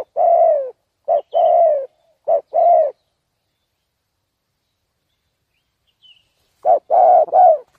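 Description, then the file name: Spotted dove coos three times in quick succession, falls silent for several seconds, then gives another burst of coos. "tieng cu dat gay"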